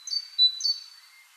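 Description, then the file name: Great tit giving two quick high-then-low whistled phrases, followed by a faint thin note. "Parus major"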